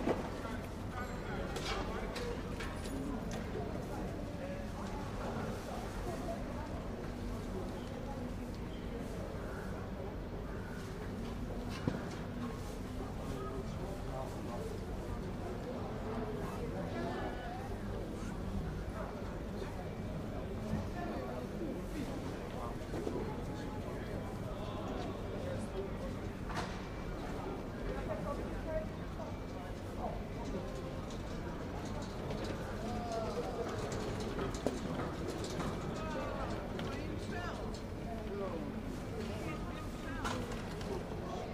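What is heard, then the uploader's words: A busy fruit market hums with overlapping voices, a dense, steady murmur of chatter that never drops away across the whole stretch. Scattered knocks and brief clatters punctuate it, with a sharp click near twelve seconds and another around thirty-five. The Sunday Fruit Market. We walk along and listen to the sounds of an active Fruit Market.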